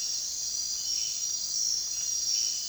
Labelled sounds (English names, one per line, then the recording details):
none
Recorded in dense forest near Puerto Asís, Putumayo, Colombia, on 23 June 2025 at 02:00
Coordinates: 0.466, -76.327
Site GP04